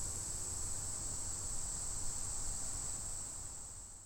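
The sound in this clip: Dog-day cicada call: a steady, unbroken high-pitched whine holding one pitch throughout, over a strong low background rumble.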